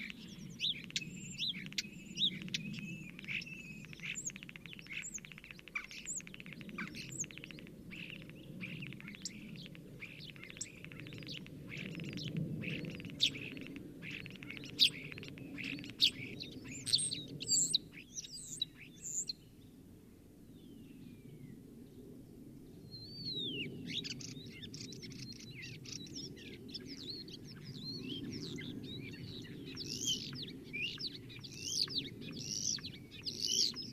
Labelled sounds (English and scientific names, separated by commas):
European Starling (Sturnus vulgaris) song